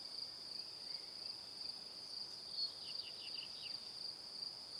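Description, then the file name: Cricket chirping in a steady high pulse, with a short run of a few clipped lower notes partway through. Crickets in the evening. "Calm - Evening Crickets"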